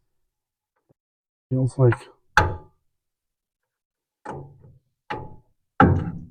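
Someone talks while turning a metal nut with a wrench to remove it from a bolt on the snow blower drive assembly of an X590 snow blower conversion (BUC11585). Short metallic knocks and thunks are heard around 4.3 s, 5.1 s and 5.8 s as the nut keeps spinning freely without coming off. The bolt is stripped, and nothing has seated or clicked.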